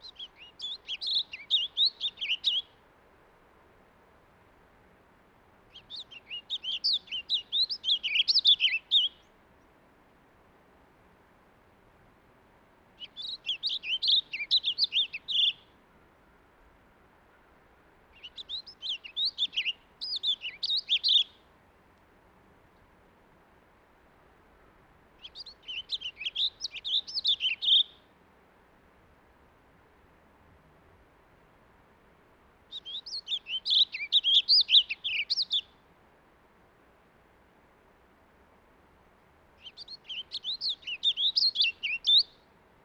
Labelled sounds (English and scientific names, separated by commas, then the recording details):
Warbling Vireo (Vireo gilvus) song
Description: Warbling Vireo song recorded on the Cub Lake Trail in Rocky Mountain National Park
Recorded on 30 May 2017